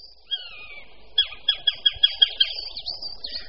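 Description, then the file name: Eurasian sparrowhawk giving a drawn-out descending squeal followed by a string of sharp, repeated notes mixed with other calls. "Krahujec-obecný"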